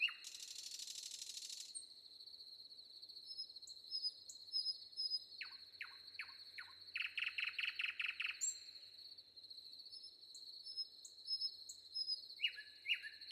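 Common nightingale song opens with a harsh buzz, then spaced sharp notes, a rapid stuttering series, and later whistled phrases, all above a continuous cricket chorus.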